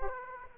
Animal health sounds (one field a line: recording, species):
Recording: mosquito wingbeat signal from an infrared sensor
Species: Aedes aegypti